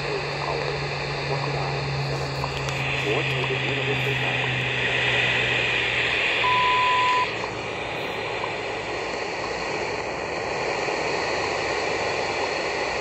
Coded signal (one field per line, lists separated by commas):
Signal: radio time signal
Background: speech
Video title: WWV time signal station 15 MHz Shortwave on Tecsun GR-168 portable receiver